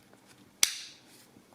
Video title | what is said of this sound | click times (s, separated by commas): Recover 20/20N Brace Review Part 1/3 Optic Rail on Glock 34 Suppressed The Best Glock Chassis Brace? | until it clicks in | 0.6 s